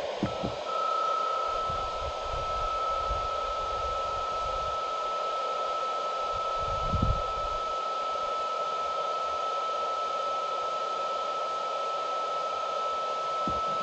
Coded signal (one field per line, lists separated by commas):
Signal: PSK31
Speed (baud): 31.25 baud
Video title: Mount Ord SOTA Activation Part I - PSK31